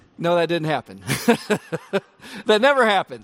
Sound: laughter!